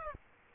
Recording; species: mosquito wingbeat signal from an infrared sensor; Aedes aegypti